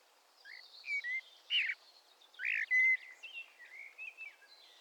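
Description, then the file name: Common blackbird with short whistled notes and a few harsh, rough notes. "Turdus merula"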